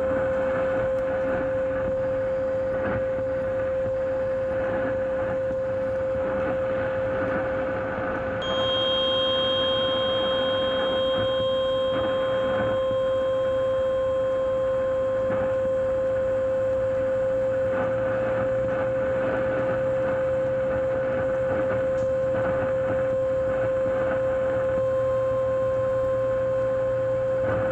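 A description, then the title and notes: Radio frequency interference on 1620 AM: a loud, unbroken mid-pitched whine holds steady throughout over dense crackling static. Around eight seconds a set of thin high tones joins and persists, and a low droning rumble thickens from about eighteen seconds on. RF Radio Frequency Interference 1620AM.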